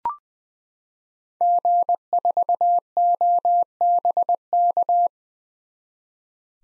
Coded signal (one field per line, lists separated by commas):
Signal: Morse code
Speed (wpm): 20 wpm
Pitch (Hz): 700 Hz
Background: none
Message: G4OBK